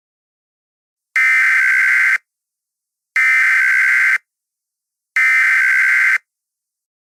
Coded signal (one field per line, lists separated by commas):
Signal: Emergency Alert System (SAME) tones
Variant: header bursts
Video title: The Hack - EAS Scenario 2